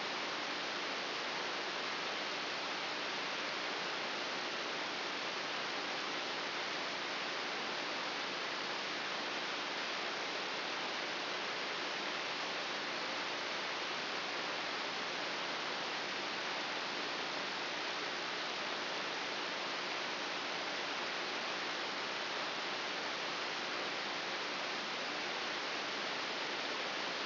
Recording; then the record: brain microelectrode recording played as sound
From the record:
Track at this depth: inside the subthalamic nucleus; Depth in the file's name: 3.402 mm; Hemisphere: right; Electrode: 3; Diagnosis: Parkinson's disease